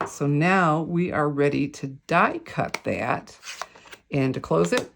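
A plastic snap lid from a set of stamping supplies is handled before being closed onto its case after stamping. Someone talks throughout, with a faint shuffling sound between phrases. Nothing has clicked shut or seated yet.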